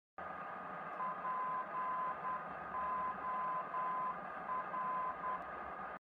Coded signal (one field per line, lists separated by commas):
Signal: Morse code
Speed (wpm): 10 wpm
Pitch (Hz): 1020 Hz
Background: none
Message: POR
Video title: F4GVE - écoute balise NDB de Porto (POR)